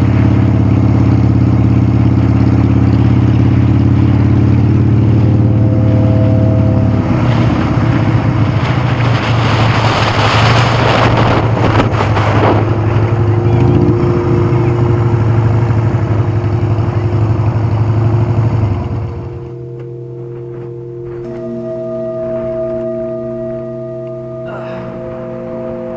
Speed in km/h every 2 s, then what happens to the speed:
37, 32, 40, 35, 21, 10, 6, 6, 2, 5, 5, 8, 8.
0-5 steady at about 37. 5-15 brakes to 2. 15-17 standing. 17-22 pulls away to 8.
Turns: 9-14.